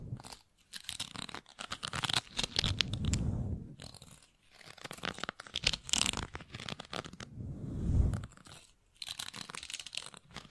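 A microphone is brushed and scratched in irregular bursts of crunchy, crinkling rubbing, with swelling low rumbles near three and eight seconds.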